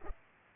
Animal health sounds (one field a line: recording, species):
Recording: mosquito wingbeat signal from an infrared sensor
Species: Culex pipiens